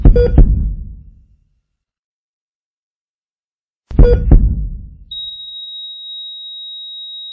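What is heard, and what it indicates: Two deep, booming double heartbeat thuds about four seconds apart, then a steady high-pitched continuous flatline tone that holds to the end. A simulated heartbeat giving way to a monitor flatline, signalling cardiac arrest and death.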